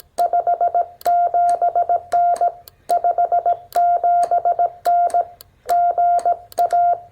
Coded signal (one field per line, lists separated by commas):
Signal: Morse code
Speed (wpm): 18 wpm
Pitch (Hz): 700 Hz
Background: none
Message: 57N 57N GA